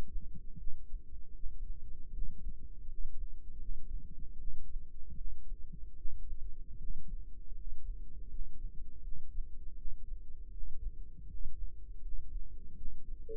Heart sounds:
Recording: heart sounds by microphone in the right ear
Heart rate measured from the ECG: 79 bpm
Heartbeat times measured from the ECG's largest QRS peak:
0.55 s: heartbeat
1.32 s: heartbeat
2.09 s: heartbeat
2.85 s: heartbeat
3.56 s: heartbeat
4.35 s: heartbeat
5.13 s: heartbeat
5.93 s: heartbeat
6.75 s: heartbeat
7.52 s: heartbeat
8.26 s: heartbeat
9.00 s: heartbeat
9.73 s: heartbeat
10.49 s: heartbeat
11.25 s: heartbeat
11.99 s: heartbeat
12.73 s: heartbeat
From the record:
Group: healthy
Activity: rest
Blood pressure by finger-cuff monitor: 110/64 mmHg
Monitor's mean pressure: 80 mmHg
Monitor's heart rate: 78 bpm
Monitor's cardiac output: 6.8 L/min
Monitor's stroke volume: 84 mL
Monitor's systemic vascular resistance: 860 dyn s/cm5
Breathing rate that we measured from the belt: 14 breaths a minute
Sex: female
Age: 26 years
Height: 165 cm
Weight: 55 kg

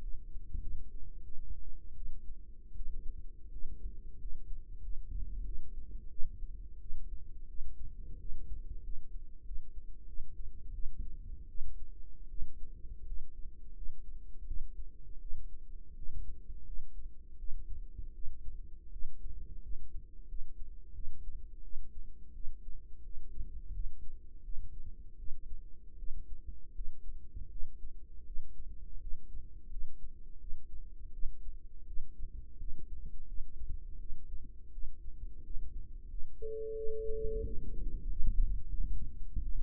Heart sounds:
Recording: heart sounds by microphone in the right ear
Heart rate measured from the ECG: 85 bpm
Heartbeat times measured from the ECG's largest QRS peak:
0.01 s: heartbeat
0.61 s: heartbeat
1.24 s: heartbeat
1.95 s: heartbeat
2.75 s: heartbeat
3.51 s: heartbeat
4.18 s: heartbeat
4.81 s: heartbeat
5.44 s: heartbeat
6.09 s: heartbeat
6.80 s: heartbeat
7.47 s: heartbeat
8.18 s: heartbeat
8.82 s: heartbeat
9.44 s: heartbeat
10.06 s: heartbeat
10.73 s: heartbeat
11.48 s: heartbeat
12.29 s: heartbeat
13.05 s: heartbeat
13.74 s: heartbeat
14.45 s: heartbeat
15.20 s: heartbeat
15.95 s: heartbeat
16.65 s: heartbeat
17.37 s: heartbeat
18.13 s: heartbeat
18.91 s: heartbeat
19.61 s: heartbeat
20.27 s: heartbeat
20.93 s: heartbeat
21.62 s: heartbeat
22.33 s: heartbeat
23.03 s: heartbeat
23.72 s: heartbeat
24.43 s: heartbeat
25.17 s: heartbeat
25.97 s: heartbeat
26.74 s: heartbeat
27.49 s: heartbeat
28.25 s: heartbeat
28.99 s: heartbeat
29.69 s: heartbeat
30.39 s: heartbeat
31.12 s: heartbeat
31.85 s: heartbeat
32.58 s: heartbeat
33.26 s: heartbeat
33.99 s: heartbeat
34.71 s: heartbeat
35.43 s: heartbeat
36.08 s: heartbeat
36.75 s: heartbeat
37.44 s: heartbeat
38.06 s: heartbeat
38.68 s: heartbeat
39.43 s: heartbeat
From the record:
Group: healthy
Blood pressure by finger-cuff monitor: 106/61 mmHg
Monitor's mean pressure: 75 mmHg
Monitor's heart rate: 86 bpm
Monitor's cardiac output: 7.5 L/min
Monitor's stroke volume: 88 mL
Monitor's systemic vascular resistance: 720 dyn s/cm5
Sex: female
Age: 22 years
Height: 157 cm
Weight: 47.6 kg

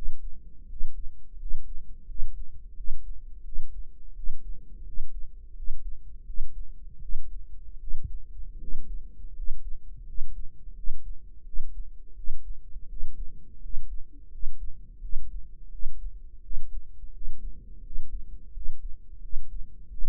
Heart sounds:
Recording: heart sounds by microphone in the right ear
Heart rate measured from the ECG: 84 bpm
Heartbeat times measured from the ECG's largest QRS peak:
0.68 s: heartbeat
1.38 s: heartbeat
2.07 s: heartbeat
2.75 s: heartbeat
3.43 s: heartbeat
4.14 s: heartbeat
4.85 s: heartbeat
5.55 s: heartbeat
6.25 s: heartbeat
7.00 s: heartbeat
7.79 s: heartbeat
8.59 s: heartbeat
9.34 s: heartbeat
10.05 s: heartbeat
10.74 s: heartbeat
11.44 s: heartbeat
12.15 s: heartbeat
12.88 s: heartbeat
13.61 s: heartbeat
14.30 s: heartbeat
15.00 s: heartbeat
15.70 s: heartbeat
16.41 s: heartbeat
17.12 s: heartbeat
17.82 s: heartbeat
18.52 s: heartbeat
19.20 s: heartbeat
19.89 s: heartbeat
From the record:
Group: healthy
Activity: rest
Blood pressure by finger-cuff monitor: 119/63 mmHg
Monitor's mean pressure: 76 mmHg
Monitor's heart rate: 84 bpm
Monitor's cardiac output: 8 L/min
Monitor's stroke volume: 95 mL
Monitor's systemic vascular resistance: 690 dyn s/cm5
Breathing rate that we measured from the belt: 14 breaths a minute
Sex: male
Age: 23 years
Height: 179 cm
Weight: 87 kg

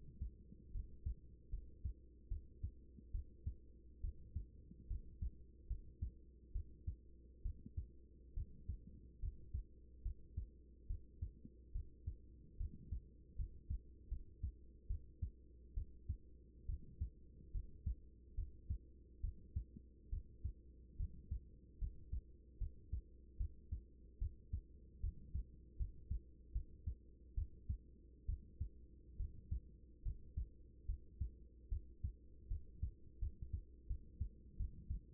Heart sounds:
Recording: heart sounds by stethoscope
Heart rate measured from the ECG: 73 bpm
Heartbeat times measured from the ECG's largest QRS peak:
0.71 s: heartbeat
1.49 s: heartbeat
2.28 s: heartbeat
3.11 s: heartbeat
4.00 s: heartbeat
4.87 s: heartbeat
5.67 s: heartbeat
6.52 s: heartbeat
7.42 s: heartbeat
8.34 s: heartbeat
9.19 s: heartbeat
10.02 s: heartbeat
10.87 s: heartbeat
11.72 s: heartbeat
12.57 s: heartbeat
13.35 s: heartbeat
14.08 s: heartbeat
14.87 s: heartbeat
15.74 s: heartbeat
16.66 s: heartbeat
17.51 s: heartbeat
18.34 s: heartbeat
19.20 s: heartbeat
20.09 s: heartbeat
20.96 s: heartbeat
21.78 s: heartbeat
22.58 s: heartbeat
23.37 s: heartbeat
24.18 s: heartbeat
25.00 s: heartbeat
25.76 s: heartbeat
26.52 s: heartbeat
27.34 s: heartbeat
28.25 s: heartbeat
29.16 s: heartbeat
30.02 s: heartbeat
30.85 s: heartbeat
31.68 s: heartbeat
32.47 s: heartbeat
33.19 s: heartbeat
33.87 s: heartbeat
34.56 s: heartbeat
From the record:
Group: healthy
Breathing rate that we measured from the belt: 14 breaths a minute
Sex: female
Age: 24 years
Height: 163 cm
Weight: 55.7 kg

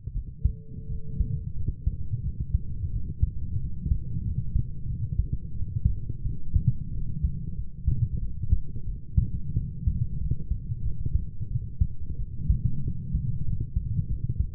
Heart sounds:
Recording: heart sounds by stethoscope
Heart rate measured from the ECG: 90 bpm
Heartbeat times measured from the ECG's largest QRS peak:
0.13 s: heartbeat
0.89 s: heartbeat
1.56 s: heartbeat
2.22 s: heartbeat
2.91 s: heartbeat
3.59 s: heartbeat
4.24 s: heartbeat
4.87 s: heartbeat
5.53 s: heartbeat
6.23 s: heartbeat
6.92 s: heartbeat
7.56 s: heartbeat
8.20 s: heartbeat
8.86 s: heartbeat
9.55 s: heartbeat
10.20 s: heartbeat
10.83 s: heartbeat
11.49 s: heartbeat
12.17 s: heartbeat
12.83 s: heartbeat
13.45 s: heartbeat
14.08 s: heartbeat
From the record:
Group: healthy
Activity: rest 0-2 s, light exercise 2-15 s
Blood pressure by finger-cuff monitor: 120/61 mmHg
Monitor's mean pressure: 79 mmHg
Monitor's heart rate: 90 bpm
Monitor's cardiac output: 8.5 L/min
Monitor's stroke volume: 96 mL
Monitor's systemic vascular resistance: 670 dyn s/cm5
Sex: female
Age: 22 years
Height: 160 cm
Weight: 63 kg

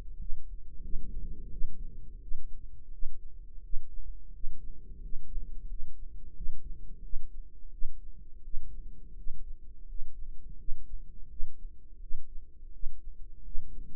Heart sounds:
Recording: heart sounds by microphone in the right ear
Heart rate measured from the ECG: 86 bpm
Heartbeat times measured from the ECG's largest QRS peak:
0.17 s: heartbeat
0.81 s: heartbeat
1.49 s: heartbeat
2.19 s: heartbeat
2.89 s: heartbeat
3.60 s: heartbeat
4.30 s: heartbeat
4.99 s: heartbeat
5.66 s: heartbeat
6.33 s: heartbeat
7.00 s: heartbeat
7.69 s: heartbeat
8.41 s: heartbeat
9.14 s: heartbeat
9.85 s: heartbeat
10.56 s: heartbeat
11.27 s: heartbeat
11.98 s: heartbeat
12.70 s: heartbeat
13.41 s: heartbeat
From the record:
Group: healthy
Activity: rest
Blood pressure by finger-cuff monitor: 100/67 mmHg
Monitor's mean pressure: 80 mmHg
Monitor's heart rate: 86 bpm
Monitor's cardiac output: 7.3 L/min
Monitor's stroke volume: 85 mL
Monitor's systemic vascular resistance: 780 dyn s/cm5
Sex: male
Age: 33 years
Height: 179 cm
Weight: 80.4 kg

